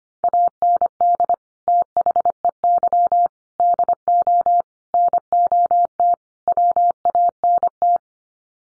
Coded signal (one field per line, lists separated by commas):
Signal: Morse code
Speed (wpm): 25 wpm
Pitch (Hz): 700 Hz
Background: none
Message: AND THEY DO NOT WANT